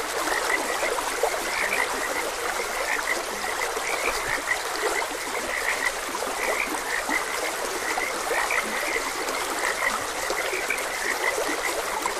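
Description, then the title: Frogs croaking in short, repeated chirping notes scattered throughout, partly masked by the steady rush of a flowing stream. Frogs croaking beside a gentle stream. "Gentle Stream and Frogs Croaking"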